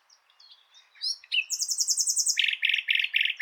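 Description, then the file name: Common nightingale song: soft notes building into loud rapid trills, repeated strongly to the end. "Luscinia megarhynchos"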